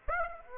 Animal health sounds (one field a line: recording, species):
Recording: mosquito wingbeat signal from an infrared sensor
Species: Aedes aegypti